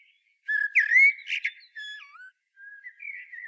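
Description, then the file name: Common blackbird song with rich, sliding flute-like whistles, one dipping low and rising again, then a softer wavering whistle to finish. "Turdus merula"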